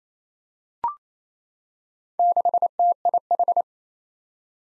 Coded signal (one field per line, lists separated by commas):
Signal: Morse code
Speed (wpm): 27 wpm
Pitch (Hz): 700 Hz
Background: none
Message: 6TIH